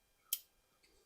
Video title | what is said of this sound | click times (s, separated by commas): Zippo Torch Insert! | it's got our little mechanism for the top to click into place | 0.3 s